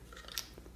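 The plastic faceplate of a Ring Video Doorbell 2 is pulled off the doorbell body to reach the battery bay. A sharp, short snap is heard at 0.4 s as the faceplate unclips and comes free.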